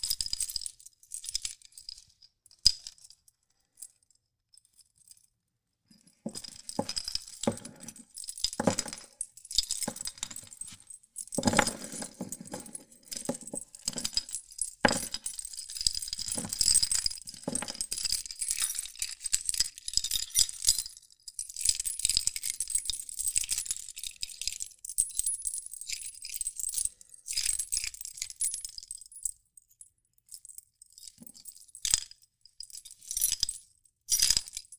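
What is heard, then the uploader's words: A bunch of keys is jangled and shaken, producing bright, high metallic jingling. The first few seconds hold only a few sparse clinks, then from about six seconds the rattling turns dense and nearly continuous, with short pauses and sharper clacks scattered throughout. 鑰匙的鈴鈴鈴聲｜Playing Key.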